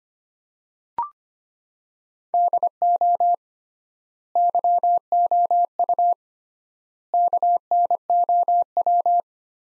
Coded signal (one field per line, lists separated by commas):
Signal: Morse code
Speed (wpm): 25 wpm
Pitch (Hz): 700 Hz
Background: none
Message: DO YOU KNOW